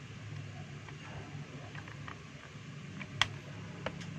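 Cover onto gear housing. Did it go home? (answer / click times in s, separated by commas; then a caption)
yes / 3.2 s. A cover is fitted over a gear housing and seated in place. A few small ticks come first, then one sharp, loud hit at 3.2 seconds as it seats, with a faint tick after. A low steady hum runs underneath throughout.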